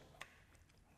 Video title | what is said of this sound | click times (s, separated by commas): Handling a Nikon DSLR | so and that should slide in easily and then just click into place and | 0.2 s